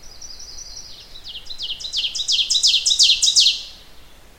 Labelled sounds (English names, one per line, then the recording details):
Ovenbird song
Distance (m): 5 m
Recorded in boreal forest in Alberta, Canada, on 16 June 2016 at 06:13
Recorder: SongMeter 3, array SBT-3-32
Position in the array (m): 107 m, 141 m
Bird 37